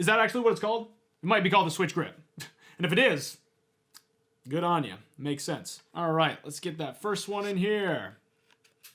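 Someone talks while handling a detachable Nintendo Switch controller, about to slide it into the rail of a plastic controller grip accessory, with a few faint handling taps near the end. Nothing has seated or clicked yet.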